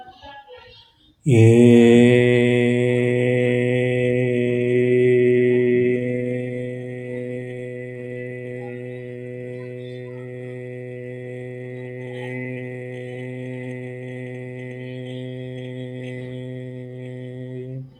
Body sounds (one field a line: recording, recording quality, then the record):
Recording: sustained vowel as in made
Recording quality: excellent, no background noise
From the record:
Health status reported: healthy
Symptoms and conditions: none ticked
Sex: male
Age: 39 years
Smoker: not ticked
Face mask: not worn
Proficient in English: yes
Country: India